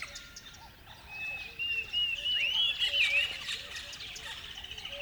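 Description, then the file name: Birds: quieter bird chorus: thin whistled twitters rise in the middle, with soft low chirps repeating throughout. River bed at dawn; a noisy chorus of many birds. "river bed dawn birds bedlam"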